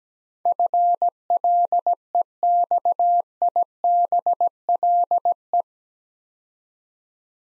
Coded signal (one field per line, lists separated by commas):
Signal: Morse code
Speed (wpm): 17 wpm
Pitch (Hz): 700 Hz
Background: none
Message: FLEXIBLE